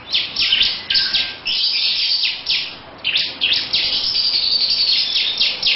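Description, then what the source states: Lovebird song: rapid shrill chirping in loose bursts. Long 'ngekek' song.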